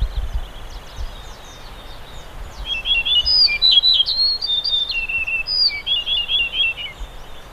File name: Yellow breasted bunting